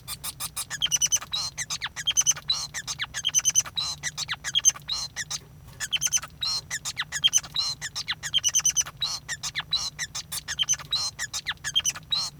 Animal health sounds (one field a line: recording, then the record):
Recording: song of a male Bengalese finch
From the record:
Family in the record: son of father 5